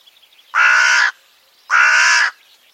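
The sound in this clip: Bird uttering a pair of harsh, raspy caws, steady and flat in pitch, separated by a short pause, with faint bird twitters before and between.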